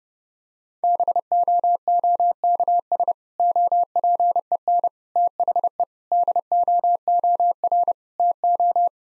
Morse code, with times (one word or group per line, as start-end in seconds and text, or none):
0.8-3.1 BOOKS
3.4-4.9 OPEN
5.2-5.8 THE
6.1-7.9 DOOR
8.2-8.9 TO